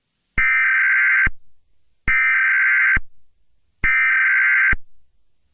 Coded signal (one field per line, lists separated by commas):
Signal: Emergency Alert System (SAME) tones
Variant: header bursts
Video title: EAS Scenario/Analog Horror - Hell’s Takeover